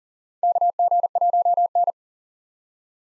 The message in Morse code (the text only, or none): KG1N